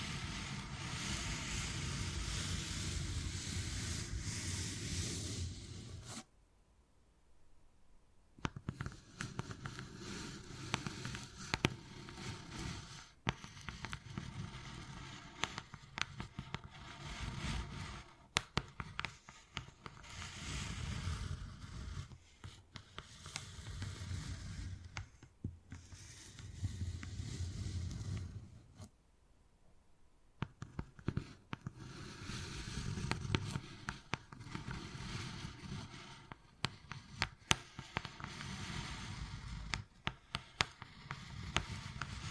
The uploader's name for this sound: Wood Carving, Tapping and Scratching Sounds